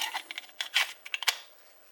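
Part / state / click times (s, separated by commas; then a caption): knife into kydex sheath / seated / 1.1 s. A knife is slid into a finished kydex sheath, giving a series of short scraping and sliding sounds. It snaps into the sheath's retention with a sharp click at 1.1 s, seated.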